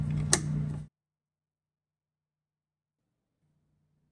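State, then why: Seated. The white and black wire connectors of a Whirlpool direct drive washer motor stator are fitted into a new plastic retainer, white on top and black on the bottom, and pushed together. Over a low hum, a sharp, short click comes at 0.3 s, then the sound cuts to near silence with a faint low hum near the end. The connector halves are seated.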